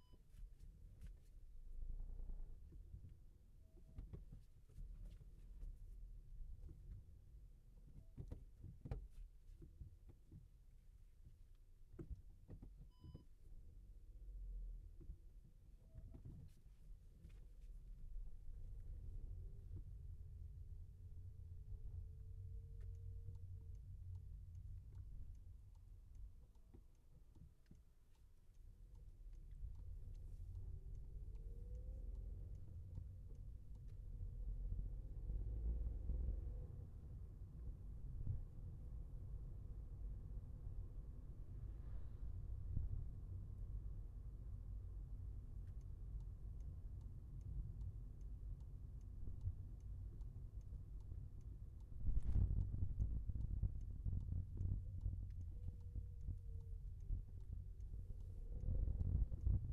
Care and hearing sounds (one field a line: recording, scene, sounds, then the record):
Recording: everyday scene through a hearing-aid microphone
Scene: in a vehicle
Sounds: engine, rumble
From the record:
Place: Skoda Fabia, gasoline engine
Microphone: behind the ear, left, front